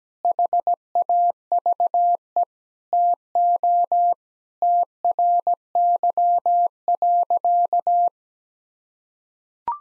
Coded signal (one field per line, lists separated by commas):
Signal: Morse code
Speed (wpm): 17 wpm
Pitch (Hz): 700 Hz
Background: none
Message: HAVE TO TRY.